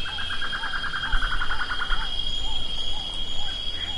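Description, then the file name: Bird trill: a fast run of even, pulsed notes on one pitch for about two seconds, then soft, scattered notes over steady background hiss. "SABIOD 50 bird 2015"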